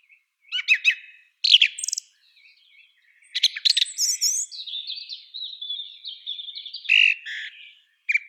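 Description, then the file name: Song thrush song, a varied stream of sharp clicks, scratchy notes and slurred whistles changing phrase after phrase. "Drozd pevchij Turdus philomelos"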